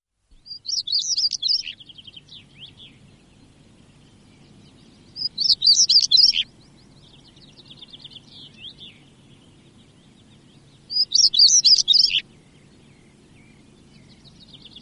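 European stonechat singing three short, scratchy high phrases spaced several seconds apart, with faint twitters between.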